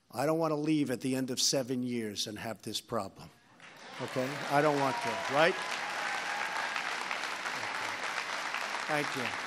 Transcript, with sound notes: I don’t want to leave at the end of seven years and have this problem, okay? (Applause.) I don’t want that. Right? Thank you.